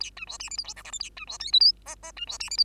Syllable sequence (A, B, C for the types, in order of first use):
A B C D E F G H I J A B C K L M N N B C D E F